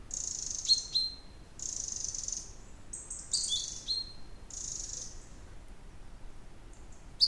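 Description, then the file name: Common chaffinch calls: high hissy notes with brief descending tails, spaced irregularly throughout, with a faint noise floor beneath. "Fringilla coelebs"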